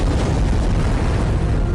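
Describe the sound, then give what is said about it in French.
A volcanic eruption roars in a deep, steady, loud rumble that fills the whole stretch without letting up, with no talking over it. “Au cours des 4 mois qui suivent, les éruptions et les coulées pyroclastiques continuent.”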